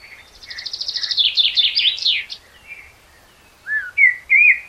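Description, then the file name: Common blackbird song: a quick series of squeaky notes growing louder and sweeping into twitters, a pause, then clear mellow whistled phrases. "Turdus merula"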